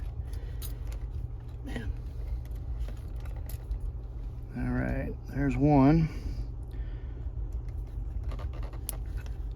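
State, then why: Seated. A crimped wire terminal is pushed into a cavity of the plastic wiper-switch connector housing while a Honda Pilot wiper control is being added to a 2003 Honda Element. Someone talks briefly over a steady low hum and small handling ticks, then a sharp, short click at 8.9 s marks the terminal snapping into place. The terminal is seated.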